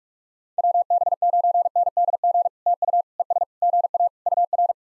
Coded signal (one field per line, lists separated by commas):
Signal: Morse code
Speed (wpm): 44 wpm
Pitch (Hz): 700 Hz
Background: none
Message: WB9NDG TU ES GA UR